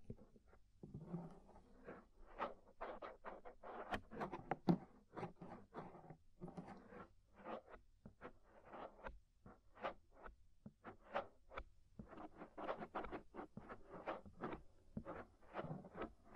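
Scraping at the inner and outer ear gives a dense run of short, crackly scratches that come rapidly and fairly evenly across the whole clip. Each stroke is brief and bright, with a faint low hum sitting steadily underneath.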